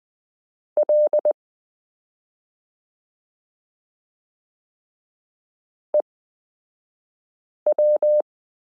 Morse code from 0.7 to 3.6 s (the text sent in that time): L